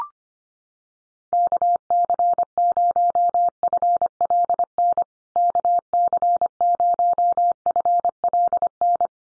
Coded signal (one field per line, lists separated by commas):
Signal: Morse code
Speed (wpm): 25 wpm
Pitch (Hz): 700 Hz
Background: none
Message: KC0FLN KC0FLN